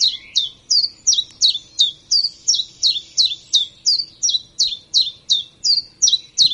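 Common chiffchaff song, steady high chiff-chaff notes, each a quick downward slur, repeated evenly almost three times a second throughout.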